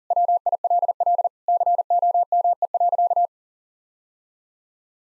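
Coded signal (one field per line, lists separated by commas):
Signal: Morse code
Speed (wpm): 40 wpm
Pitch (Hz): 700 Hz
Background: none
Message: WILL COME.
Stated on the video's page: Morse code practice at 40 wpm: sentences with common three-word phrases, each sent, then spoken, then sent again, first words spoken beforehand as a guide.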